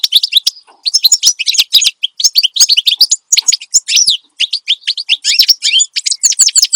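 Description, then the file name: Finch song with a steady stream of sharp, high, downward-sweeping chirps mixed with buzzy notes, barely pausing. Finch described as singing energetically and continuously ('gacor dor'); the recording is meant for tutoring songbirds (masteran). "Suara Kicauan Burung Finch Gacor Dor Cocok Untuk Masteran"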